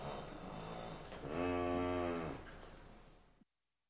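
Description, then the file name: Cow giving one deep, drawn-out moo that swells and then fades, over a steady background hiss. "Sound Ideas 2000 Series. Cow Moo"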